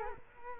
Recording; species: mosquito wingbeat signal from an infrared sensor; Culex quinquefasciatus